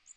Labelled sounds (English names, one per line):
Magnolia Warbler flight call